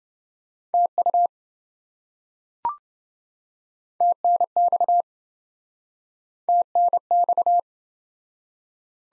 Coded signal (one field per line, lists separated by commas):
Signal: Morse code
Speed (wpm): 27 wpm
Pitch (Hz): 700 Hz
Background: none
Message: TU TNX TNX